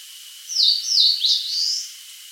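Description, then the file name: Eastern crowned warbler phrase: two quick downward-swooping high notes, then a brighter rising, slurred ending, over a constant thin drone. "Phylloscopus coronatus"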